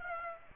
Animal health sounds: mosquito wingbeat signal from an infrared sensor; Aedes aegypti

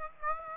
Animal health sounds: mosquito wingbeat signal from an infrared sensor; Aedes aegypti

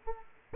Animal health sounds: mosquito wingbeat signal from an infrared sensor; Aedes aegypti

